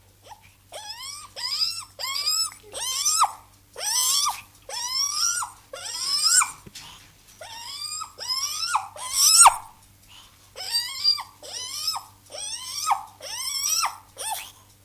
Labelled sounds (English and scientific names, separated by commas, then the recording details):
Silvery Javan Gibbon (Hylobates moloch) call
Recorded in captivity
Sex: female
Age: juvenile
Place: Zoo Rostock, Mecklenburg-Vorpommern, DE
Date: 1984-02-03
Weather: bedeckt, 3-6°C
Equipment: Nagra SN, Kopie Uher 4000 Report Monitor
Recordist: Tembrock, Günter